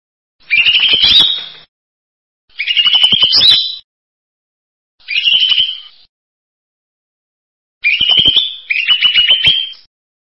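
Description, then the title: Bird song in five buzzy, trilled phrases of about one second each, level in pitch with slight upward flicks, separated by clean silences, the last two nearly joined. "burung online"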